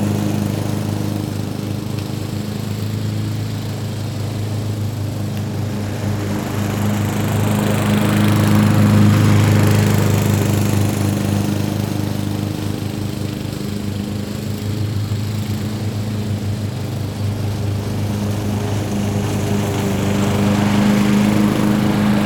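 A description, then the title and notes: A motor mower runs steadily throughout, its low droning hum holding a constant pitch with a strong deep tone. The sound swells slightly louder and brighter around the middle, then eases back while continuing uninterrupted. Cutting Grass Mowing Sounds.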